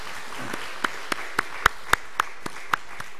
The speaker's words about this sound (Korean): 뭐 우리 귀한 찬양 올려드린 우리 찬양대, 우리 찬양 받으신 하나님께 우리 영광의 박수 한번 같이 드리도록 하겠습니다.